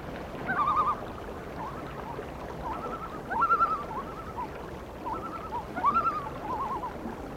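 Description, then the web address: Loon calls: quick wavering, quavering notes in short bursts, several times over, amid gentle background noise. "A Természet hangjai - Madárdal Sounds of Nature - Cry of the Loon"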